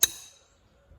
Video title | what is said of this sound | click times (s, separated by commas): Ford/NewHolland Front hub and final drive repair | finish pushing it down till it pops into place | 0.0 s